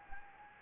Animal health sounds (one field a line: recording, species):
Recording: mosquito wingbeat signal from an infrared sensor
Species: Anopheles gambiae